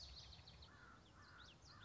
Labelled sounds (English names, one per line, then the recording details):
Common Yellowthroat
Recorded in Sonoma County, California